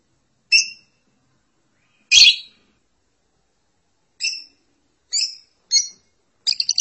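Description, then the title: Lovebird calls: isolated short, squeaky high chirps spaced irregularly, one louder harsh note among them. "Suara Burung Lovebird"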